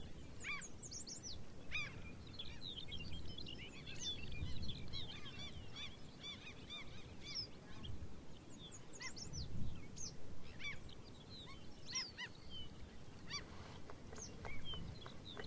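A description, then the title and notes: Arctic birds call without pause across a busy chorus, with quick chirps, trills and descending whistles stacking up at many pitches. A low, rumbling wash, like wind, runs underneath throughout and swells around the four-, ten- and twelve-second marks. Arctic Wildlife Refuge. Listen to Ptarmigan, longspurs, rough legged hawks, red necked phalarope and the arctics very own bluethroat.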